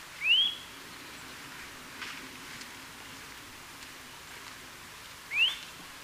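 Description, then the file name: Eurasian nuthatch: a single quick rising whistle, then several seconds of quiet background, then a second similar upslurred note. "Sitta europaea"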